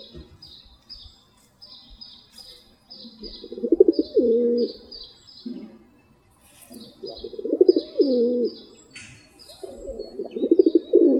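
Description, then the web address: Rock pigeon giving deep rolling coos, three bubbling low phrases a few seconds apart, with steady thin chirping from other birds above. "сизый-голубь"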